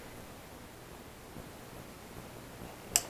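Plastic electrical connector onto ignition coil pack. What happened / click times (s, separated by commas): The connector snapped into place / 3.0 s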